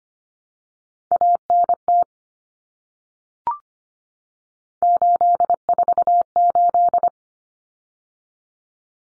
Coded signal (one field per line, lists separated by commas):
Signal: Morse code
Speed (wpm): 25 wpm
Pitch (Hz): 700 Hz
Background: none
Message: ANT 848